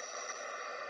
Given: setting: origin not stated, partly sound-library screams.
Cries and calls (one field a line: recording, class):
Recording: one-second piece from a danger detection set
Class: woman in danger